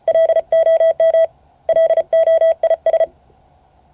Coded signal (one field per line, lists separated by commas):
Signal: Morse code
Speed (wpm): 32 wpm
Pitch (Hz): 1310 Hz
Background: none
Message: LOM LOIS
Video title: Morse code class 2024-08-08 (9 of 12)